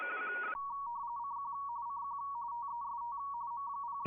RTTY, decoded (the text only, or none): CQ CQ TEST M0